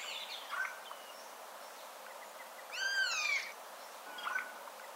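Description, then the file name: Eurasian jay giving one clear, downslurred mewing call midway, with fainter short notes before and after over a quiet hiss. "Garrulus glandarius"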